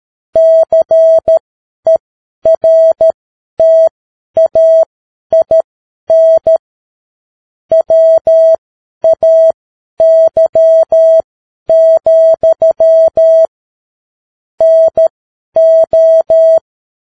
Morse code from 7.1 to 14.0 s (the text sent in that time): WAY,